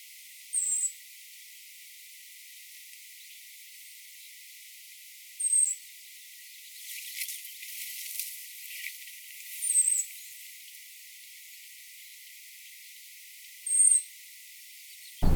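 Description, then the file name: European robin repeating a high, thin, drawn-out seee note roughly every four to five seconds, with a brief patch of rustling noise midway. "Erithacus rubecula"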